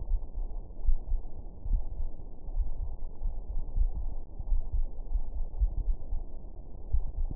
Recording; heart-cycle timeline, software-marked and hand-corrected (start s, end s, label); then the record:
heart sounds
0.00	0.10	systole
0.10	0.20	S2
0.20	0.84	diastole
0.84	0.98	S1
0.98	1.10	systole
1.10	1.20	S2
1.20	1.70	diastole
1.70	1.82	S1
1.82	1.96	systole
1.96	2.06	S2
2.06	2.56	diastole
2.56	2.68	S1
2.68	2.82	systole
2.82	2.94	S2
2.94	3.54	diastole
3.54	3.66	S1
3.66	3.78	systole
3.78	3.92	S2
3.92	4.50	diastole
4.50	4.62	S1
4.62	4.72	systole
4.72	4.86	S2
4.86	5.58	diastole
5.58	5.72	S1
5.72	5.84	systole
5.84	5.96	S2
5.96	6.68	diastole
6.68	6.78	S1
6.78	6.92	systole
6.92	7.06	S2
7.06	7.36	diastole
From the record:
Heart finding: coronary artery disease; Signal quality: good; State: rest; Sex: female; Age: 64 years